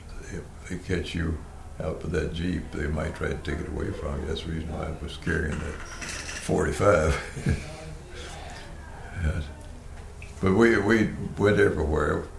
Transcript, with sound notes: They, they catch you up in that jeep, they might try to take it away from you, that’s the reason why I was carrying that forty-five, [Chuckling] and, but we, we went everywhere.